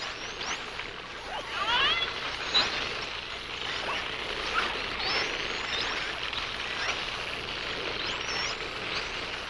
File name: Sounds of Nature - Humpback Whales